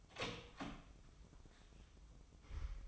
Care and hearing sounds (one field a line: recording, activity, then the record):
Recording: daily activity, microphone in the room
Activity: open door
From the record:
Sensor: 1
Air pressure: 1005.0 hPa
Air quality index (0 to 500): 86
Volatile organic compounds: 2 ppm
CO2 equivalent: 1164 ppm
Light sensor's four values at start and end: 10/24/9/10 and 10/24/9/10